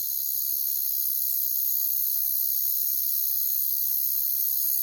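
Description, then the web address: Crickets trill in an unbroken high, hissing chorus at a steady loudness from start to finish. "Nature Sounds Sounds of Nature Collection Crickets"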